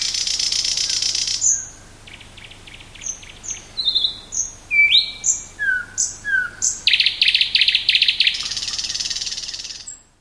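Thrush nightingale singing a varied, loud song: a buzzy rattle, a clicking series, whistled slurred notes, then a run of rapid repeated loud chips.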